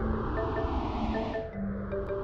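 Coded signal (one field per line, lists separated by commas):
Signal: none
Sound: music jingle notes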